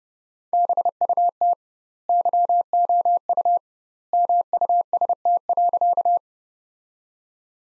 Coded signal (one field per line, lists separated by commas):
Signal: Morse code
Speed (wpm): 32 wpm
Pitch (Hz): 700 Hz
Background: none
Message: BUT YOU MUST.